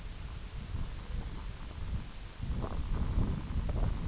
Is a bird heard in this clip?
no